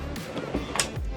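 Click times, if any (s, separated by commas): 0.8 s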